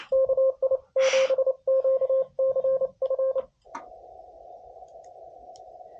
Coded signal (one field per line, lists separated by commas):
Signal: Morse code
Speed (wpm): 28 wpm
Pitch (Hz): 530 Hz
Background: radio noise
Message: KI7QCF